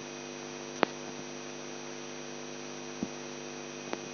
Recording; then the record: brain microelectrode recording played as sound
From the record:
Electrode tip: outside the subthalamic nucleus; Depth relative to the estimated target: -8 mm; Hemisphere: left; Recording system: AlphaMap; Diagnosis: Parkinson's disease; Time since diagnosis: 11 years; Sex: male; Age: 42 years